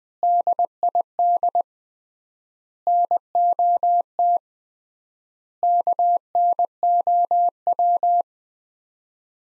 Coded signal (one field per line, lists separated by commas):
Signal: Morse code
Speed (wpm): 20 wpm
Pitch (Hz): 700 Hz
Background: none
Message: DID NOT KNOW